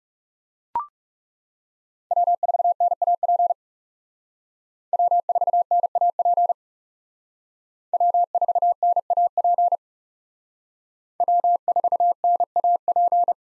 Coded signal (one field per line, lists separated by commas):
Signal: Morse code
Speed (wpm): 38 wpm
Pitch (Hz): 700 Hz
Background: none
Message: W4NAP W4NAP W4NAP W4NAP